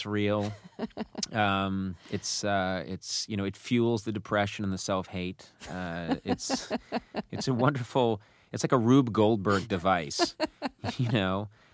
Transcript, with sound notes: It's real. It's, you know, it fuels the depression and the self-hate.
(LAUGHTER)
It's a wonderful - it's like a Rube Goldberg device, you know,